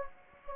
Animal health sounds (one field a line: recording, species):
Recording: mosquito wingbeat signal from an infrared sensor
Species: Anopheles gambiae